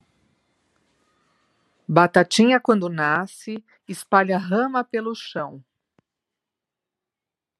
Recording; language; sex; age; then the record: short text; Brazilian Portuguese; female; 50 to 59 years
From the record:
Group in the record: control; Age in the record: 52 years